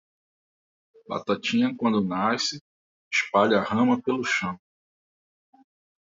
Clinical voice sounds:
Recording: short text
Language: Brazilian Portuguese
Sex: male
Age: 40 to 49 years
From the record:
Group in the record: control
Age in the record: 41 years

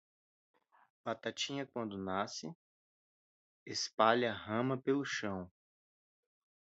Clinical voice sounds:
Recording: short text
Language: Brazilian Portuguese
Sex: male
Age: 30 to 39 years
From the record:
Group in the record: control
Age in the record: 31 years

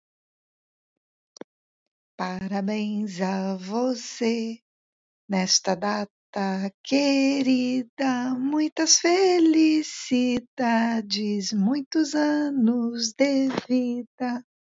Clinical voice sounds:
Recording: short text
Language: Brazilian Portuguese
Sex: female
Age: 60 to 69 years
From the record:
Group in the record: control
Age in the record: 64 years

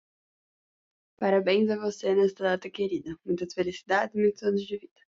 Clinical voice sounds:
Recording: short text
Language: Brazilian Portuguese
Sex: female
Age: 20 to 29 years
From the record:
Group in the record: control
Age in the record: 20 years

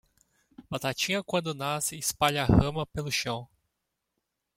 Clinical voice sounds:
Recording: short text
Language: Brazilian Portuguese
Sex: male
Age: 30 to 39 years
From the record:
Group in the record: control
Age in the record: 35 years

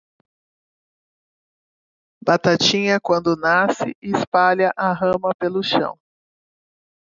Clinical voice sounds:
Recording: short text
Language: Brazilian Portuguese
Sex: female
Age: 40 to 49 years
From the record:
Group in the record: control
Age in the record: 46 years

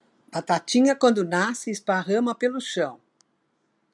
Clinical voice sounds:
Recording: short text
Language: Brazilian Portuguese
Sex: female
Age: 70 to 79 years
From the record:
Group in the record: control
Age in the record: 72 years

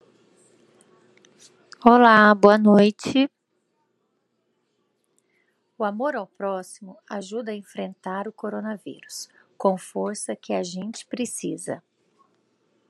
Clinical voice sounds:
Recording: spoken sentence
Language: Brazilian Portuguese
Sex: female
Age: 40 to 49 years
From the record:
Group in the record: control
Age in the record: 40 years

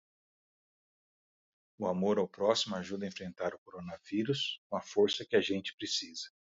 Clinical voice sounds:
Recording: spoken sentence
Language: Brazilian Portuguese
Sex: male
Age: 50 to 59 years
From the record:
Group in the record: control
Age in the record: 51 years

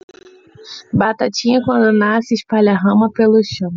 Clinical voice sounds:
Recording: short text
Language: Brazilian Portuguese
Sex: female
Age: 20 to 29 years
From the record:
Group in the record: control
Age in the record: 26 years

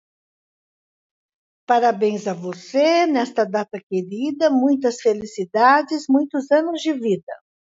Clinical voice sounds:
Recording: short text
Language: Brazilian Portuguese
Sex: female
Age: 70 to 79 years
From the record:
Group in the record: control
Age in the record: 70 years

